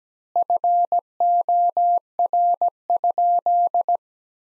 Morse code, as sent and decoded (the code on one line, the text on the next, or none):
..-. --- .-. ..--..
FOR?